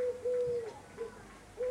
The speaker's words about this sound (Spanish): ¿Lo escuchas? Putas palomas, tío. Espérate, voy a cerrar.